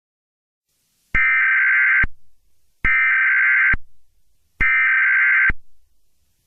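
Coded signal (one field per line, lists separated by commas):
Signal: Emergency Alert System (SAME) tones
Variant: header bursts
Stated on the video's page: Fictional Sonic the Hedgehog EAS scenario.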